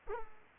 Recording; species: mosquito wingbeat signal from an infrared sensor; Culex pipiens